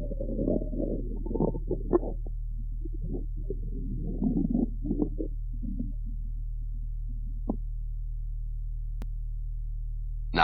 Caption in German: Oftmals dominieren bei der Lungenauskultation junger und erwachsener Pferde die lauten Darmgeräusche und lassen die leiseren Lungengeräusche so kaum hörbar werden.